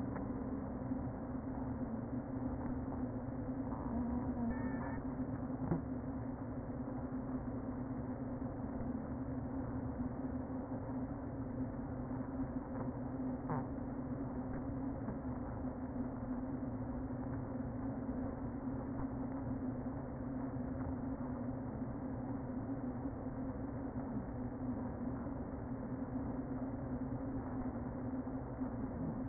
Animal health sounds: honeybee colony, microphone inside the hive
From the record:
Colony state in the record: queen present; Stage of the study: before two queens were removed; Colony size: about 60,000 bees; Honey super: yes

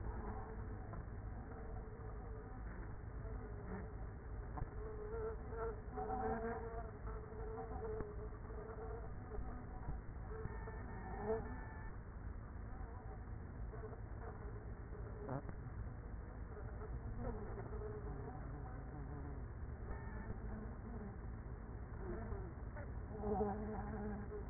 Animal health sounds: honeybee colony, microphone inside the hive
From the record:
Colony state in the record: queenless with a low population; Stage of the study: after two queens were removed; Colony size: about 30,000 bees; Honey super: no

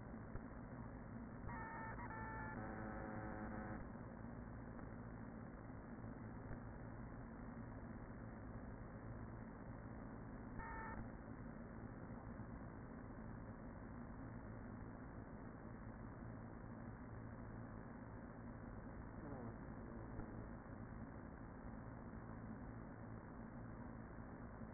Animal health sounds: honeybee colony, microphone inside the hive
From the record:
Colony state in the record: queen present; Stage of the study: after two queens were removed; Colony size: about 40,000 bees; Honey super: no

